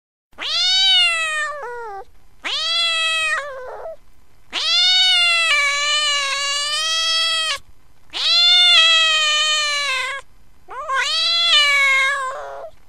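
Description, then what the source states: Cat giving a series of loud wailing meows and yowls, five drawn-out whining cries of varying length with brief pauses between them. Angry cat.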